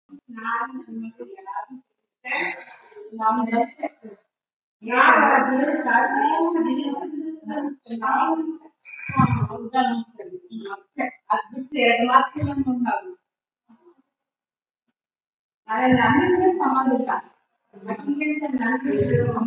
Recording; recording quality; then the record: deep breathing; moderate, slight background noise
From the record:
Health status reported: COVID-19 positive, mild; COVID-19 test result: positive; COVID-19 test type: RT-PCR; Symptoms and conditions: cough, cold, sore throat, fatigue, muscle pain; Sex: female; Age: 28 years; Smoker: no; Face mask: worn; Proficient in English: yes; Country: India